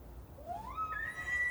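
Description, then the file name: Elk bugle, a clear whistled tone climbing steeply from low to high pitch and holding there, over faint low rumble. Bull elk with cows; recorded 18 October 2015. "Elk Bulland Cows 20151018"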